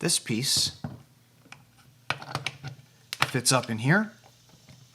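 A removable die piece of a benchtop watch case-back opener is handled and brought up toward the opener's keyed holder while someone talks. A few short, sharp ticks and taps are heard. Nothing has seated or clicked into place yet.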